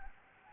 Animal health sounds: mosquito wingbeat signal from an infrared sensor; Anopheles gambiae

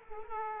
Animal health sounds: mosquito wingbeat signal from an infrared sensor; Culex quinquefasciatus

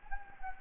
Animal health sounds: mosquito wingbeat signal from an infrared sensor; Anopheles gambiae

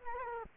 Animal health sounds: mosquito wingbeat signal from an infrared sensor; Culex quinquefasciatus

